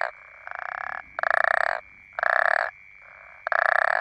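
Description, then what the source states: African common toad calls: loud, rasping snore-like croaks about half a second long, repeated with short gaps, mixing stronger and softer notes, with a steady high background hum. More than one toad.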